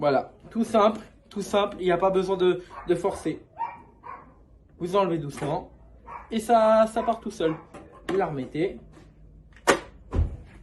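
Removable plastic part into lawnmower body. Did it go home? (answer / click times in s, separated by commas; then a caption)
yes / 9.6 s, 10.1 s. Someone talks while a removable plastic part of a Stihl lawnmower is slid out of the mower body by hand and then put back in without forcing. Short clicks at 9.6 s and 10.1 s are heard as the part clips back into place and seats.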